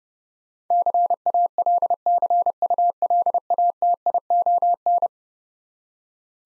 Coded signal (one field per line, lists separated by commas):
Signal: Morse code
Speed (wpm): 30 wpm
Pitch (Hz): 700 Hz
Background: none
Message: CALCULATION